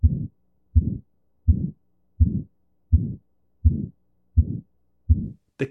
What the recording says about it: In aortic stenosis, you get a systolic murmur. So you'll hear this as you feel the pulse. Finding in this murmur is that the second heart sound is essentially inaudible. There is no discernible dub at the end of the murmur, and this tells you that the aortic valve is so badly calcified and stenosed that it's barely opening and therefore barely closing and not making a significant sound. It's a critical finding.